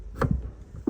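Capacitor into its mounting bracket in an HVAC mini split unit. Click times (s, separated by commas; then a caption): 0.2 s. A new run capacitor for a salt-water-flooded mini split air conditioner is slid into its plastic mounting clip in the HVAC unit and clicks into place at 0.2 s. Fainter handling knocks follow, with a sharp tap at 0.9 s. The capacitor is seated in its holder.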